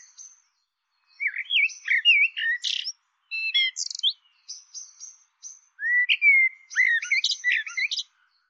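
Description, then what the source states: Bird voicing rapid runs of varied whistles and sharp chirps, some high and thin, in several bursts over eight seconds against silence. Labelled "Tu Me" in a cleaned, normalized dataset file (Deverin et al. 2025).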